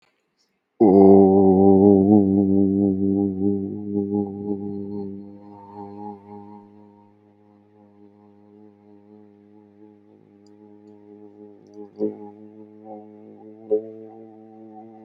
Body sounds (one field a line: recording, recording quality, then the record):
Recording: sustained vowel as in boot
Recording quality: excellent, no background noise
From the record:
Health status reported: healthy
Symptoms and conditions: asthma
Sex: male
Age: 30 years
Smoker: yes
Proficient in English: yes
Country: India